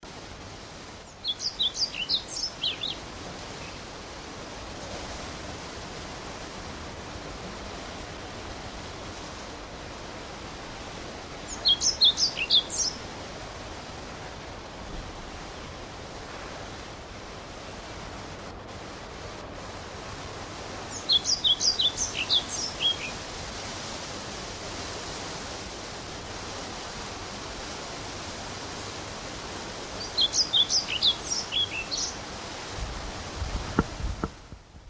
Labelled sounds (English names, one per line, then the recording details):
European Pied Flycatcher song
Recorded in the wild
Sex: male
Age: adult
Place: Mühlenbecker Land, OT Summt, Brandenburg, DE
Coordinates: 52.6931, 13.3619
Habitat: garden
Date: 1988-06-12 12:38
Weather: sunny, 14-18°C, windy
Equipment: Nagra SN, Kopie Tesla B 116
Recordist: Tembrock, Günter